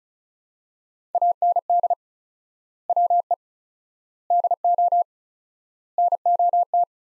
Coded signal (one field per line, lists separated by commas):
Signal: Morse code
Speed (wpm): 36 wpm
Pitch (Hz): 700 Hz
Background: none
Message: AND WE DO NOT